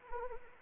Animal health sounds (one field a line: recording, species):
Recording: mosquito wingbeat signal from an infrared sensor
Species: Anopheles arabiensis